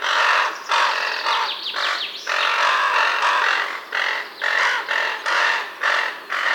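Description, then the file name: Raven-type calls: rough, grating squawks in an uneven run, with a few thin high chirps mixed in. Ravens feeding their young. "Digiffects Sound Effects Library - Raven Feeding Young Ones"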